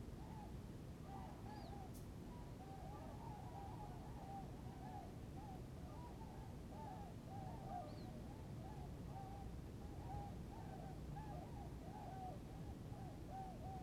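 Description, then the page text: Tundra swan flock calling: many soft, yelping, hooting notes overlapping continuously throughout, with a steady low rumble of background noise underneath. Recorded in Maryland. "Maryland Biodiversity. Tundra Swan ( Cygnus columbianus )"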